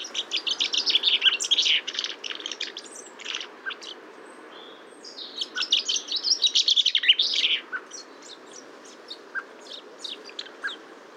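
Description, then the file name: Common chaffinch calls: dense bursts of short high chirps, several overlapping notes in two busy spells near the start and middle, with softer scattered chips between. "Fringilla coelebs"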